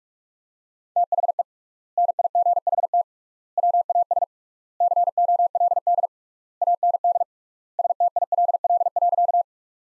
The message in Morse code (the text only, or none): THE NIGHT WAS COLD AND STILL.